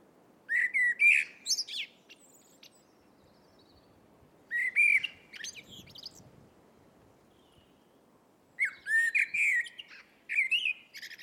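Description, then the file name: Eurasian blackbird song: fluty warbles followed by high squeaky flourishes, delivered in bursts every few seconds, with soft background hiss. "Turdus merula"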